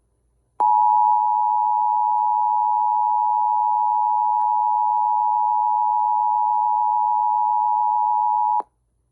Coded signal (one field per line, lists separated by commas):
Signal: Emergency Alert System (SAME) tones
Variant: 853 and 960 Hz attention tone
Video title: Virtual EAS Required Weekly Test on WDFA